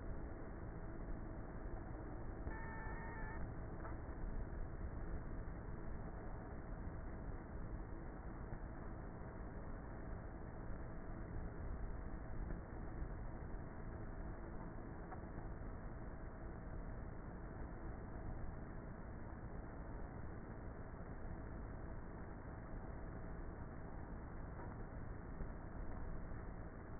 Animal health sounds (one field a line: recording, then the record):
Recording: honeybee colony, microphone inside the hive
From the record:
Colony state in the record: queenless with a low population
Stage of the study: before two queens were removed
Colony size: about 30,000 bees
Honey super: no